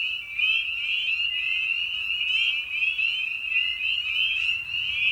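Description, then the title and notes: Spring peepers chorus steadily, their shrill upslurred peeps packed together into a ringing drone. Evening at a frog pond. "Episode 5: Night of the Peepers. we return to the frog pond for a meditative evening. Spring Peeper (Pseudacris crucifer). Ian Carlsen"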